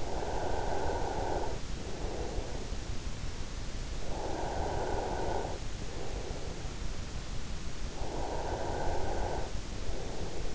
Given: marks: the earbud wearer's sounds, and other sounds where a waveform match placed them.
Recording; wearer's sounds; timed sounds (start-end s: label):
sounds in sleep by an in-ear microphone; breath
0.00-2.54 s: breath
4.14-6.47 s: breath
7.93-10.55 s: breath